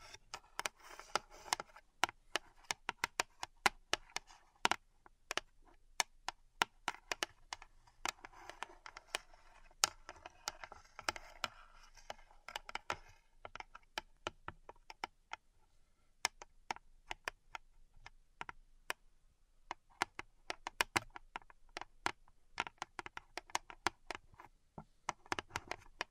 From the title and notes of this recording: ASMR Relaxing Pink Salt Zen Garden Triggers (No Talking).